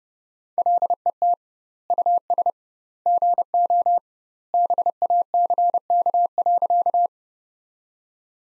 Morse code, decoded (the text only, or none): LET US GO BACK.